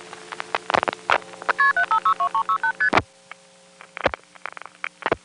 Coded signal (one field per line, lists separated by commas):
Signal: multi-frequency trunk signalling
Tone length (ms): 90 ms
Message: KP7562368ST